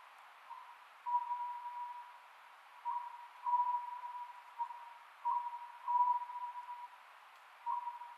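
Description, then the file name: Oriental scops owl calling, a hooting phrase of two or three notes repeated roughly every two and a half seconds over a steady background hiss. Recorded on 27 May 2010 at 22:21. "konohazuku-20100527-2221"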